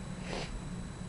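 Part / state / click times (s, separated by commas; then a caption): flash drive internal part into plastic casing / not seated / none. A plastic flash drive's internal part is lined up with two slits in its plastic casing and pushed back into it. There is a soft brushing rush of handling noise over a steady low hum and faint high tones, peaking around 0.3–0.5 s. The part has not snapped into place yet; nothing has seated or clicked.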